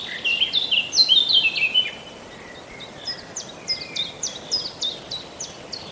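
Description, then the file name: Eurasian blackcap song: a loud, rich warbling phrase for about two seconds, then a softer series of short, high, repeated chipping notes, with faint hiss. "Sylvia atricapilla"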